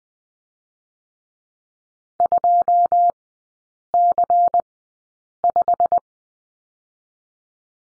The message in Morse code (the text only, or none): 2C5